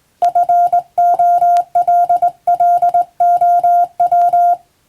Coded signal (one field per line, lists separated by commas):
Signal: Morse code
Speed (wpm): 20 wpm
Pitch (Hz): 700 Hz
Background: none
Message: FOLLOW